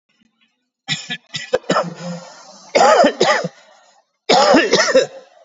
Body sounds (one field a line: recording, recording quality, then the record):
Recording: shallow voluntary cough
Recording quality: excellent, no background noise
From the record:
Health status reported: COVID-19 positive, mild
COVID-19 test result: positive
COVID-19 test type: RT-PCR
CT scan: taken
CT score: 10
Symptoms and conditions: cough, cold, sore throat, fatigue, loss of smell and taste, diabetes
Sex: male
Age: 39 years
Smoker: no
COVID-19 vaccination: none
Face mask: worn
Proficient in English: yes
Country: India